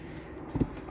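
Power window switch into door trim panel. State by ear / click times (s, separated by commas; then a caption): not seated / none. A plastic power window switch for a Hyundai i20, being refitted during a window switch fault repair, is handled at its opening in the door trim panel with its ridged side facing the outside of the door. Over a quiet background, a brief low handling bump comes at about 0.6 s. The clip ends before the switch snaps into the panel, so nothing has seated or clicked yet.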